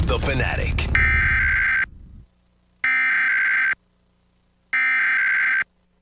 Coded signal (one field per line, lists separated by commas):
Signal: Emergency Alert System (SAME) tones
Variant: header bursts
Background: speech